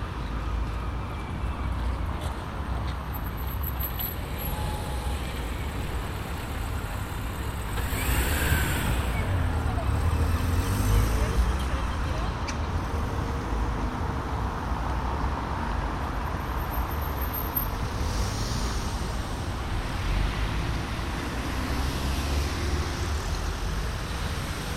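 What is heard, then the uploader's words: General street atmosphere in a city, dominated by a steady low rumble of passing traffic. Vehicles swell past around the eight to twelve second mark and again near twenty seconds, with faint voices and a brief high whine in the background. General atmosphere on the Kneuterdijk in The Hague.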